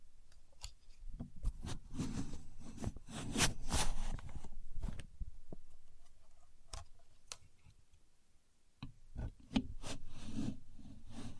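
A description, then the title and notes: A contour gauge is handled and pressed, giving dense clicks, scrapes and rattling taps in bursts, quieting near eight seconds before resuming. Using A Contour Gauge (No Talking).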